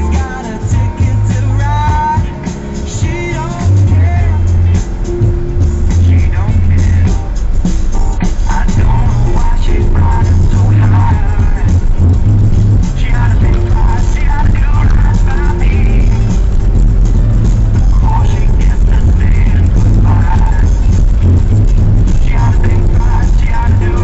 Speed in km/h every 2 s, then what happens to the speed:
2, 7, 10, 13, 14, 16, 19, 20, 22, 23, 21, 20.
0-13 pulls away to 20. 13-24 steady at about 21.